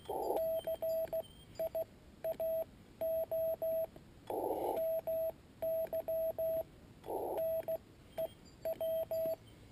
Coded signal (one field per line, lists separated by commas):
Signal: Morse code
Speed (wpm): 16 wpm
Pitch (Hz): 650 Hz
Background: radio noise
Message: CIAO MY NEW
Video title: Morse code Portable QRP